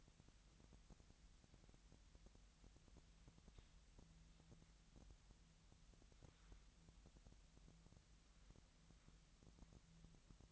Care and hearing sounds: daily activity, microphone in the room; wipe stove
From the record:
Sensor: 3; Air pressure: 1003.2 hPa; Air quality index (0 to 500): 196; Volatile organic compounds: 6 ppm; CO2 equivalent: 1917 ppm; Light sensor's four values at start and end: 11/26/11/11 and 11/26/11/12

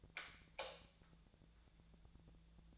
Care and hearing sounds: daily activity, microphone in the room; light off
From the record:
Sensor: 3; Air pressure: 1000.0 hPa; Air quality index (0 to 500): 124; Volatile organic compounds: 2 ppm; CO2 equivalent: 1112 ppm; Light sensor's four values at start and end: 39/103/43/47 and 37/94/40/44

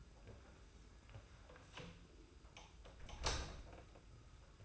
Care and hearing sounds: daily activity, microphone in the room; close door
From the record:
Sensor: 2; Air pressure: 991.5 hPa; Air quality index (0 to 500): 153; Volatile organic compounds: 497 ppm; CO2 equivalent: 4815 ppm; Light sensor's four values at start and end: 33/96/38/36 and 33/96/38/36

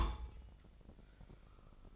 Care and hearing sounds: daily activity, microphone in the room; place on stove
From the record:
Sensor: 5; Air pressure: 999.4 hPa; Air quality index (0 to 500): 222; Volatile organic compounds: 21 ppm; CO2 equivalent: 2708 ppm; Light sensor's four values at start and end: 30/68/28/27 and 31/70/29/28

